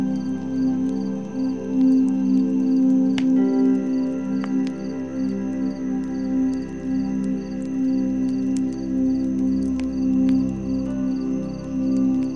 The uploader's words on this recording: A crackling fireplace casts a warm and gentle glow. As the fireplace crackles and pops, its comforting melody blends harmoniously with the distant peaceful chorus of crickets. The gentle symphony of the fireplace sounds, singing crickets, and relaxing music offers a respite.